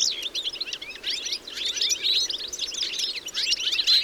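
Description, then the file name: European goldfinch twittering, rapid liquid chirps and short trills in a busy stream. "Carduelis carduelis"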